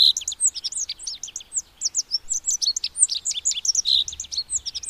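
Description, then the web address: Rock bunting singing throughout, a steady stream of high, thin, sharply slurred chirps in fast, uneven succession. "agykontroll Madardalok Cd 2. Bajszos sármány"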